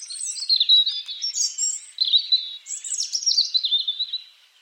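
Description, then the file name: European robin singing in rich, tumbling phrases of sweet high twitters and trills, two bursts separated by a brief pause, then fading at the end. "Erithacus rubecula"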